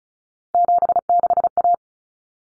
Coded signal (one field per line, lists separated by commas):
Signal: Morse code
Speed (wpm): 34 wpm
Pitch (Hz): 700 Hz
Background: none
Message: 76A